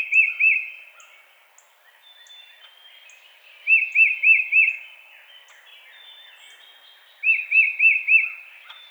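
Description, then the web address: Tufted titmouse singing clear whistled phrases of three or four arched notes, like peter-peter-peter, repeated about every three and a half seconds over faint background chirps. Recorded 22 March 2007. "Tufted Titmouse 2007 03 22"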